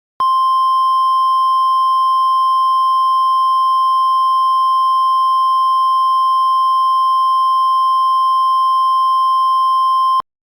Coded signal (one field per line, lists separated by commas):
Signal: Emergency Alert System (SAME) tones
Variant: 1050 Hz attention tone